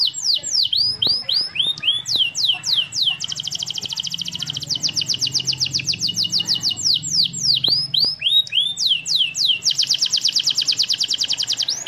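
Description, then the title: Canary song alternating looping downslurred whistles with fast buzzy trills, loud and continuous, over a faint low hum. Master song for training birds. "Suara Burung Kenari Masteran"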